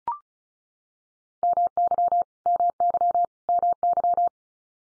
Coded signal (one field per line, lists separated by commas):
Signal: Morse code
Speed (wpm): 34 wpm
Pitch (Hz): 700 Hz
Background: none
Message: MY MY MY